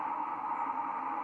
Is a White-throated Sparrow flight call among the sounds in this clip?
no